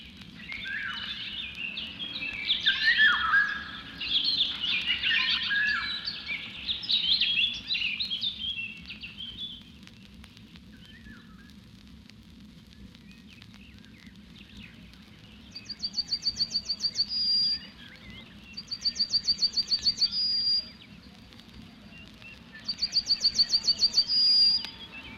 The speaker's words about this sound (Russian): В лесу Иволгу трудно увидеть, она хоронится в вершинах деревьев. Птица подобна лучу яркого солнца. Золотая.